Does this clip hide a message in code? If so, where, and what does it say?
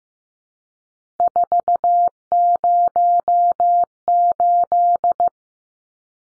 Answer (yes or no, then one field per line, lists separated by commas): yes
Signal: Morse code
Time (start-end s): 1.2-5.3 s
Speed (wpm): 15 wpm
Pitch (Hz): 700 Hz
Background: none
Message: 408